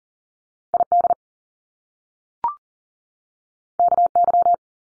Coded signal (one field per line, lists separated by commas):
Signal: Morse code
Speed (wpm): 41 wpm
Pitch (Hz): 700 Hz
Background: none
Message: I D K Y